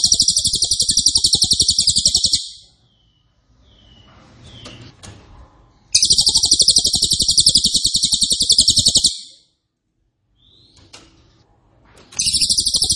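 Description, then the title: Cililin song: repeated long bursts of fast, dense, high-pitched buzzy notes, with quieter rustling sounds between them. Loud, dense, rapid-fire song style ('nembak keras dan rapat') used as a favourite training recording (masteran) for oriental magpie-robin, leafbird and white-rumped shama. "Cililin NEMBAK KERAS dan RAPAT masteran murai batu cucak ijo dan kacer"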